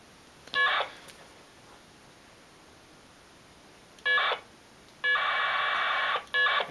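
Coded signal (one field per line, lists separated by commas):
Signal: packet radio (AX.25, as in APRS)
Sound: four short harsh data bursts of buzzing warble, separated by quiet hiss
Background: radio static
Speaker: now the other computers answering and they're pouring each other you see if either one has message traffic for the other station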